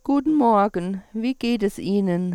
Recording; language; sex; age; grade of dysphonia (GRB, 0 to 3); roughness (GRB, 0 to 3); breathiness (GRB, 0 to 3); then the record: spoken sentence; German; female; 40 to 49 years; 0; 0; 0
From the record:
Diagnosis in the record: dysodia (singing voice disorder); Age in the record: 45 years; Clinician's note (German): Nach Therapie; Stimml. jetzt o.B.